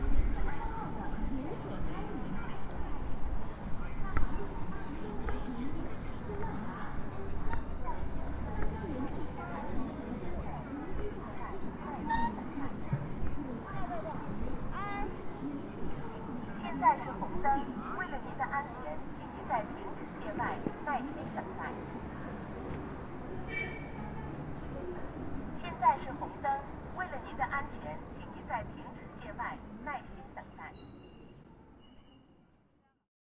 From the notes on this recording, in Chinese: 丹东，安东老街